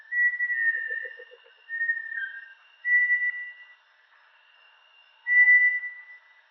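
Bartlett's tinamou giving four long, pure whistled notes at irregular intervals, with a brief quick run of soft low ticks early on.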